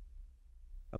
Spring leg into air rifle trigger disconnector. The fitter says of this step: uma posição melhor aqui pronto e vem trazendo aqui para baixo a perna maior até encaixar aqui